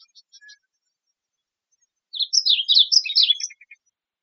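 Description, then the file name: Varied bunting song: after faint scattered notes, a hurried burst of slurred warbling notes follows, trailing off into a few quick lower chips. Recorded in Arizona on 6 August 2007. "AZFO VABU 070806. Deviche"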